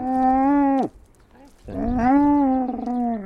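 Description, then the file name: Camel uttering two sustained, harmonic bellows, the second longer and slightly rising before sinking at the end. "Chameau"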